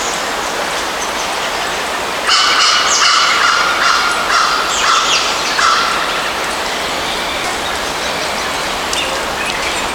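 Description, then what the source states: Birds calling over a steady loud hiss, with sustained tonal notes and chirps for a few seconds in the middle, then mostly background noise. Ambience.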